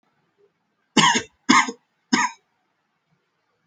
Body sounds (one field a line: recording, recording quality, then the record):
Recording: heavy voluntary cough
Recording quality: excellent, no background noise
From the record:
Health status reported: healthy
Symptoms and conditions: none ticked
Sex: male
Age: 24 years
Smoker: not ticked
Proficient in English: yes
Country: India